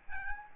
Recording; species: mosquito wingbeat signal from an infrared sensor; Aedes albopictus